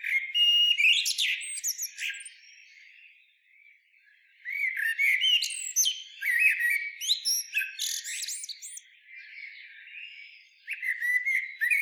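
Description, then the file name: Common blackbird song with high, scratchy twittering phrases; a pause comes early, then a longer run of busy, varied phrases. "Turdus merula"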